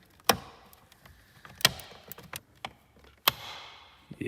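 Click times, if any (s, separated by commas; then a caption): 0.3 s, 1.6 s, 3.3 s. A plastic side-mirror trim piece, the first part removed, is pushed back into the mirror housing on a Mercedes C-class and clips in. Sharp loud ticks are heard at 0.3, 1.7 and 3.3 seconds, with a few quieter ticks between them. The trim piece seats.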